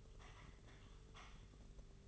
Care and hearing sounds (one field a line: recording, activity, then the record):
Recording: daily activity, microphone in the room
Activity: typing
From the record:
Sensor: 4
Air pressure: 991.8 hPa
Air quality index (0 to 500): 120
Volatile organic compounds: 27 ppm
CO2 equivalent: 2880 ppm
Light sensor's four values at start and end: 20/65/24/24 and 20/65/24/24